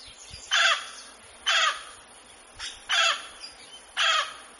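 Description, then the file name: Mealy amazon uttering loud, harsh squawks, each short and grating, repeated about once a second. "canto do do papagaio moleiro"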